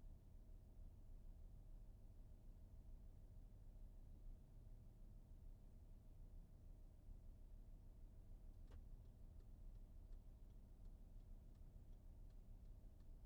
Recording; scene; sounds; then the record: everyday scene through a hearing-aid microphone; in a vehicle; engine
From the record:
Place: VW T5 Caravelle, diesel engine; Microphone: behind the ear, right, front